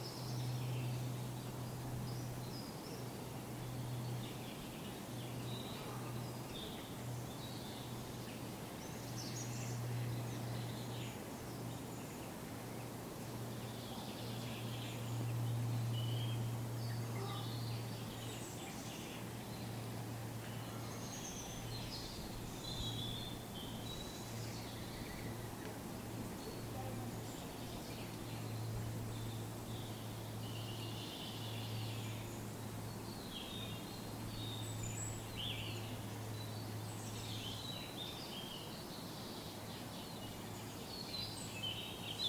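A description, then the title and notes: Spring birdsong at a New Forest woodland pool: scattered bright chirps and calls throughout, over a steady low hum that swells briefly midway. Relax to spring birdsong by a woodland pool deep in the New Forest. Where the heath meets the woods by a pool, deep in the New Forest, the warm spring sun stirs many birds into song. A marsh tit sings and then a stock dove repeats its prudish crooning to a backdrop of blue tits and robins. Recorded by Fergus Collins.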